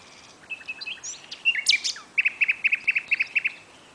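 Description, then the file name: Common nightingale song with mixed chirps and a loud sweeping note, followed by an even series of short, piping notes on one pitch. "Luscinia megarhynchos"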